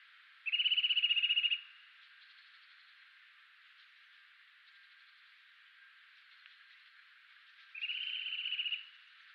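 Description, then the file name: Eurasian nuthatch trill: a rapid, even run of piping notes lasting about a second, given twice roughly seven seconds apart over a faint steady hiss. "Sitta europaea"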